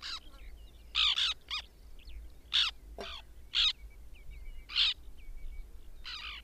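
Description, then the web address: White-winged tern: harsh, scratchy calls burst out irregularly, with a brief descending note midway, over a steady hissing background. "Madardalok Cd 3. Fehérszárnyú szerkő"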